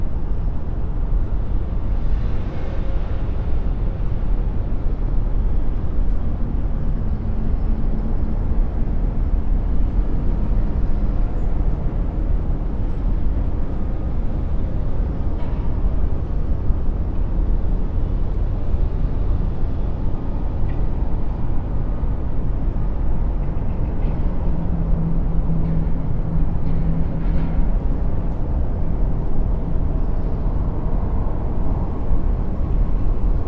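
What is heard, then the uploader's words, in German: Skyline city sounds form a steady, dense low rumble like constant traffic, holding an even level throughout. A faint humming tone rises out of the roar around seconds 7 to 11 and again near 24 to 27, with a few soft higher clicks scattered across. Geräusche aus der Skyline mit Delta-Binauraltönen. 20 Stockwerke über der belebten Stadtszene.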